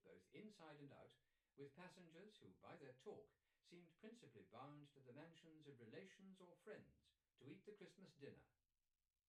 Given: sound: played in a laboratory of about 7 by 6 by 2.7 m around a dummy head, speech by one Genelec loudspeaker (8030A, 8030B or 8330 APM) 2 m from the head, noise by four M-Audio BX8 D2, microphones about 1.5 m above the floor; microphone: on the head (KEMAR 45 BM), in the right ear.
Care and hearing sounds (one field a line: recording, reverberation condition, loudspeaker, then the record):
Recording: male speech in English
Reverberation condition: low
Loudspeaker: 60 degrees to the left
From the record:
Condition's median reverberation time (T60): about 310 ms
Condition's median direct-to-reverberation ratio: about 3.5 dB